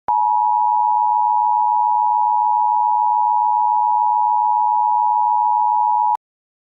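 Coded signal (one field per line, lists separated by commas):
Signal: Emergency Alert System (SAME) tones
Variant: 853 and 960 Hz attention tone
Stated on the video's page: Fictional EAS alert for an invented region, not a real broadcast.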